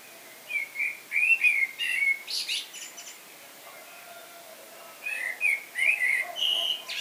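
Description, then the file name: Common blackbird, fluty whistles followed by a sharp high twitter; after a short gap another mellow warbled phrase with a shrill ending. "Turdus merula"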